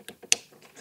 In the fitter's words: there you go you hear the click that's good